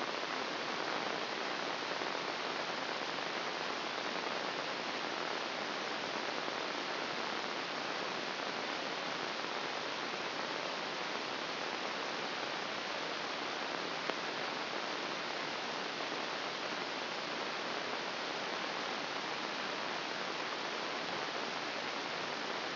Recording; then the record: brain microelectrode recording played as sound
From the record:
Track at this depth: outside the subthalamic nucleus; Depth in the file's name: 0.942 mm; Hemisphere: left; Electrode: 3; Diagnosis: Parkinson's disease